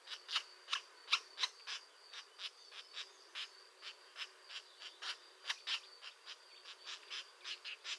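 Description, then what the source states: European green woodpecker, a rapid series of sharp, dry clicking notes, uneven in loudness, over a steady faint high whine. A pair active at the nest.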